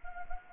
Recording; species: mosquito wingbeat signal from an infrared sensor; Anopheles gambiae